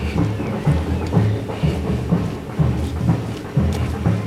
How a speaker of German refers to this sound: Wie ihr hört, die Samba-Gruppe befindet sich auf der Eichenhofstraße. Das halt hier über den ehemaligen Entenpark, den Park am Haus Blietz, rüber.